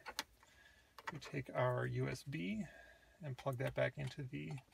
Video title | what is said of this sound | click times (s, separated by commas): Ford Escape - SYNC 3 Upgrade Installation | swing the arm it clicks back in we | 0.2 s